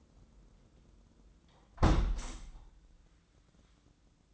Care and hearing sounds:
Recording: daily activity, microphone in the room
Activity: close window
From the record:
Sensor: 3

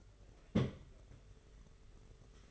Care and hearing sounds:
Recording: daily activity, microphone in the room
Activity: place on stove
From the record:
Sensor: 4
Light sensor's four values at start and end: 21/75/27/29 and 21/75/27/29

